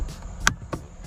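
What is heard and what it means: A pry tool is levered against the edge of the plastic interior trunk light housing clipped into the trim panel of a 2019 Kia Sedona minivan. The retaining clip releases with a sharp click at 0.5 s, followed by a fainter tick at 0.7 s. The light housing pops out, released.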